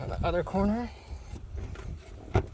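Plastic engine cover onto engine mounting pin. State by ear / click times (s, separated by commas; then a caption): seated / 2.4 s. On a 2014 Toyota Corolla Eco, after the spark plugs are replaced and inspected, the plastic engine cover over the spark plugs is pressed down at its other corner so its grommet snaps onto the metal mounting pin while someone talks. A short, sharp click sounds at 2.4 s, and the cover is seated on the pin.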